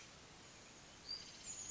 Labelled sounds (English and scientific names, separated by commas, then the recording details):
Chestnut-backed Chickadee (Poecile rufescens)
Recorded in Sonoma County, California